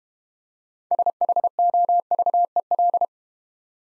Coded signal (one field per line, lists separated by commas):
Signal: Morse code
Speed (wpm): 31 wpm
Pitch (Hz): 700 Hz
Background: none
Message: SHOVEL